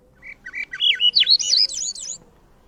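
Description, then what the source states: Swainson's Thrush song, a short phrase of flute-like notes spiralling upward in pitch, lasting about two seconds. Smaller cousin of the American Robin; played as a recording in a bird quiz.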